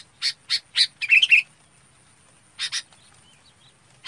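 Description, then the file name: Red-whiskered bulbul calls: a few short harsh notes, a quick run of warbled chirps, then a pause before a few more rasping notes. Calling the flock. "Tieng chao mao bong goi bay"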